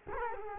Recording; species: mosquito wingbeat signal from an infrared sensor; Culex quinquefasciatus